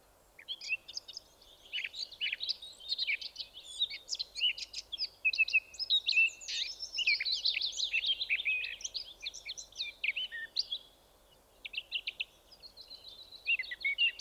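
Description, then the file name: Eurasian blackcap warbling continuously for about ten seconds, with varied chattering and squeaky notes, a short pause, then more warbling. "Sylvia atricapilla"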